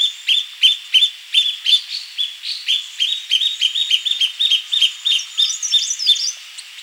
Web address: cutia calls